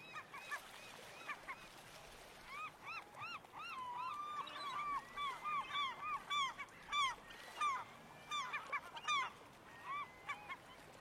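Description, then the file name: African oystercatcher calls, loud piping notes with harmonics, given in irregular bursts and overlapping series, some long level whistles, over steady background noise. "Canto do ostraceiro africano"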